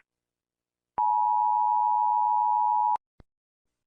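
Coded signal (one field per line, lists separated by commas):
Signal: Emergency Alert System (SAME) tones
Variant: 853 and 960 Hz attention tone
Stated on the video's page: Fictional EAS scenario; the alert tones are simulated, not a real broadcast.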